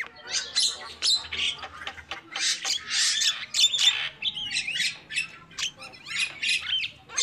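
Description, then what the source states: Lovebird calls, harsh high squawks and scratchy chirps in irregular bursts, some notes bending up and down. Lovebird calls used as a lure for trapping birds.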